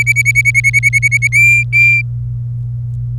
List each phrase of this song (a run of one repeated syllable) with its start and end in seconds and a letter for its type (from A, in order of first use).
0.00-1.27 A, 1.32-2.01 B